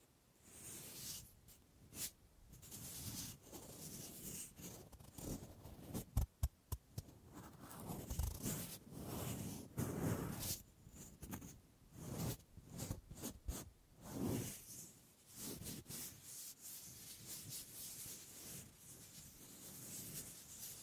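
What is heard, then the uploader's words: Dry scratching and rubbing on wood comes in uneven bursts of a second or two, bright and papery like light sanding. A quick run of sharp taps lands around six to seven seconds, and the gaps between strokes are nearly silent. ASMR Simply Relaxing Wood Triggers for Sleep New Mic Test Tascam Portacapture X8 (No Talking).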